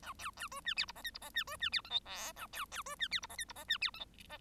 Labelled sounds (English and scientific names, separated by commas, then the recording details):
Bengalese Finch (Lonchura striata domestica) song
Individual Bird1